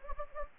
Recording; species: mosquito wingbeat signal from an infrared sensor; Anopheles gambiae